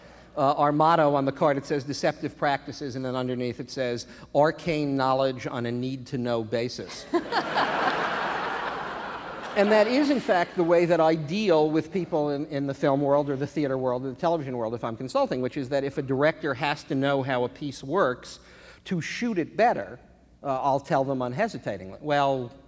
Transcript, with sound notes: our motto - on the card, it says Deceptive Practices. And then underneath, it says, arcane knowledge on a need-to-know basis.
(LAUGHTER)
And that is, in fact, the way that I deal with people in the film world or the theater world or the television world if I'm consulting, which is that if a director has to know how a piece works to shoot it better, I'll tell them unhesitatingly.